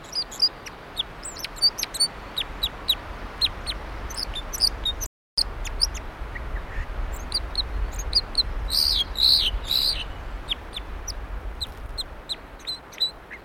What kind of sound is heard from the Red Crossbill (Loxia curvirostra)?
song